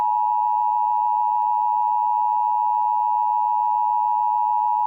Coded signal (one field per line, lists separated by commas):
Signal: Emergency Alert System (SAME) tones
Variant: 853 and 960 Hz attention tone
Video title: Quick eas test!